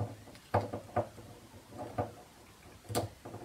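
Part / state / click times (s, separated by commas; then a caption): armor piece onto collectible action figure / seated / 3.0 s. A plastic/metal armor piece is checked for which way it goes and pressed onto a Myth Cloth Poseidon collectible action figure during reassembly. Several soft handling knocks come at about 0.6, 1.0 and 2.0 seconds, then the piece clips home with a sharp, bright click at 3.0 seconds, seated in place.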